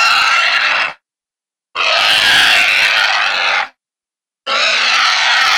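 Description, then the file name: Wild boar distress calls, three rough noisy screams of a second or two each, broken by short silences. "Wild Hog Distress"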